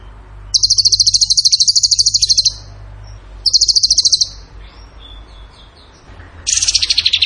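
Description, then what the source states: Bird song: a long rapid high rattle, a shorter one, soft faint notes, then a buzzier trill beginning near the end. Masteran (training song) of a bird singing in the gacor tembakan style.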